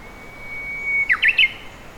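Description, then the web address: Japanese bush warbler song: a long, high, steady whistled note, then three quick, loud, warbled notes that rise and fall, ending the phrase. Singing, recorded at Iouyama on 31 May 2015. "saezuri uguisu 20150531 iouyama"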